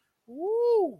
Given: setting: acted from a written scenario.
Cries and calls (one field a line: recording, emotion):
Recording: vocal sound without words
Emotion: ecstasy